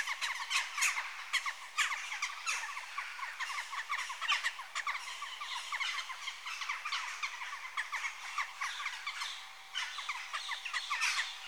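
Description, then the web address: Jackdaws chattering together, rapid harsh calls piling up continuously, with brief lulls and louder peaks across the stretch. Adult birds. "BBC Sound Effects Library Birds Jackdaw (Corvus Monedula) Adults"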